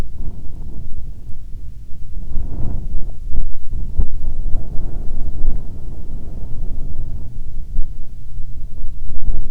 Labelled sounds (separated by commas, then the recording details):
wind
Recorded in the Prudhoe Bay oil fields, Alaska, on 7 August 2019 at 14:21
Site 17